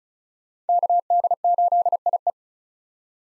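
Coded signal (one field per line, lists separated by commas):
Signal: Morse code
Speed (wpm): 34 wpm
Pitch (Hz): 700 Hz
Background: none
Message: KD8IE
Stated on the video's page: Morse head-copy drill at 35 wpm of common 2023 POTA activator callsigns, each sent, spoken, then sent again.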